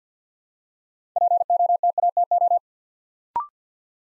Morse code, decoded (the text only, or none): POTATO